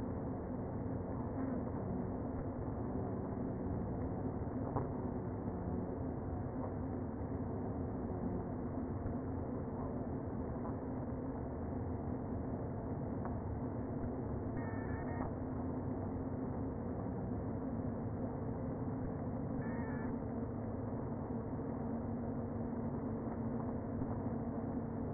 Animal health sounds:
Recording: honeybee colony, microphone inside the hive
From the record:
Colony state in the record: queen present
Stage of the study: before two queens were removed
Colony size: about 60,000 bees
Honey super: yes

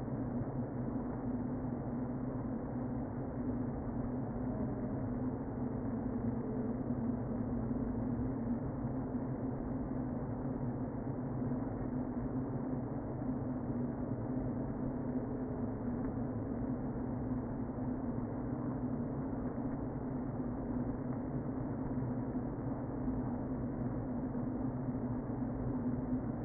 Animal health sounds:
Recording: honeybee colony, microphone inside the hive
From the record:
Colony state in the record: queen present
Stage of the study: before two queens were removed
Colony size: about 60,000 bees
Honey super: yes

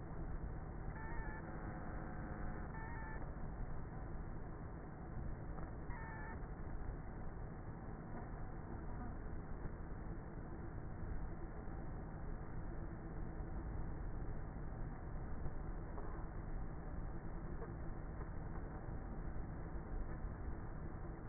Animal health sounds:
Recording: honeybee colony, microphone inside the hive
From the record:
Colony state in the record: queenless with a low population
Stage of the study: before two queens were removed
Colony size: about 30,000 bees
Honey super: no

